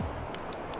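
A Peak Design strap anchor connector is pressed and pulled out of its plastic accessory clip socket, giving short tick-like clicks at 0.3 s and 0.5 s over a steady low background. The connector comes free and is unclipped.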